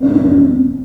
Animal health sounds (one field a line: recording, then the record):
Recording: squeal of a Yucatan mini pig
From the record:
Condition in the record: after surgery on the right vocal fold (resection and tissue-engineered implant)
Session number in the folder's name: 5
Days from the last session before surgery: 33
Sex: female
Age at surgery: 19 weeks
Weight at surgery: 25 kg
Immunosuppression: prednisolone